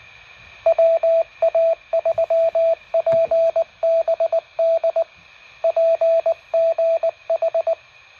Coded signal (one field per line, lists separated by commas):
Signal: Morse code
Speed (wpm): 20 wpm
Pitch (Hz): 660 Hz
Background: radio noise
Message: WA3PBD PGH